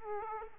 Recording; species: mosquito wingbeat signal from an infrared sensor; Aedes aegypti